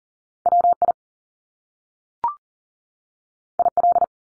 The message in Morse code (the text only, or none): WI IL